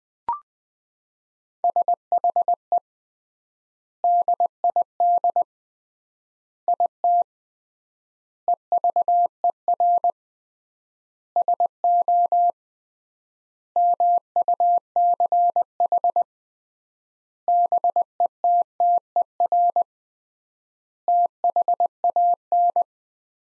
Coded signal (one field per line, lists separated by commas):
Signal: Morse code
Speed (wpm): 20 wpm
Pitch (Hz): 700 Hz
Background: none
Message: SHE DID IT EVER SO MUCH BETTER THAN